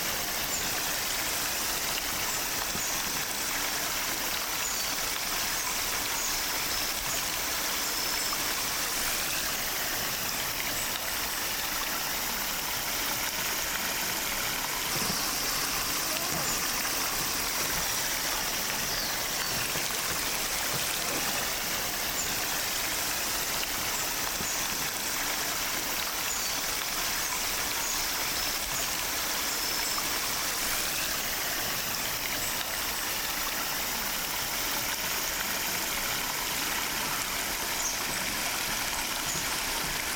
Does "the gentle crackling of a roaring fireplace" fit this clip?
no